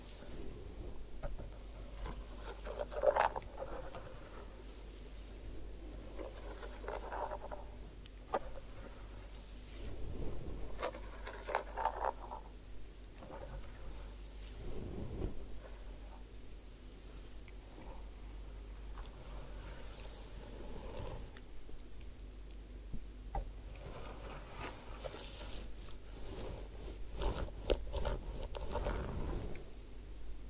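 Soft rustling, rubbing and scratching from a head spa hair wash and massage, with irregular clicks and brief brighter swishes, loudest around 25 seconds.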